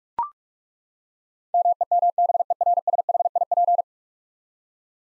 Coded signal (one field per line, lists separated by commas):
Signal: Morse code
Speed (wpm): 42 wpm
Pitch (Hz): 700 Hz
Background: none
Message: MEMBERSHIP